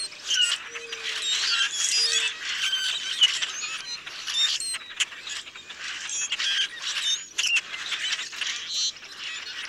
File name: Common Grackle